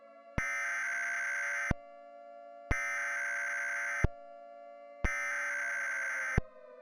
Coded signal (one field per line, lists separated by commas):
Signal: Emergency Alert System (SAME) tones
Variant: header bursts